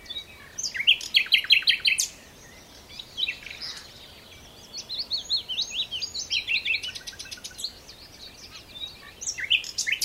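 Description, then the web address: Common nightingale song of loud chattering bursts and varied whistled notes in several phrases, with short quiet gaps between them. "SETE data Luscinia megarhynchos"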